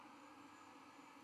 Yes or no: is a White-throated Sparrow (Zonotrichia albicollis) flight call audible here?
no